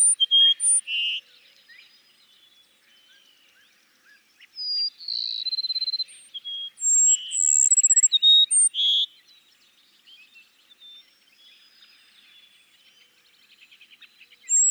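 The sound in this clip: Cassin's sparrow repeating high whistled and trilled song phrases with short notes between, faint chirps filling the quieter gaps.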